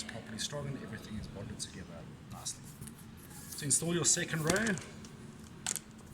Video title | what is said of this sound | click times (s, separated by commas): Moda Vinile Installation Guide | a matter of lifting it slightly, clicking it into place. Simple | 5.7 s, 5.8 s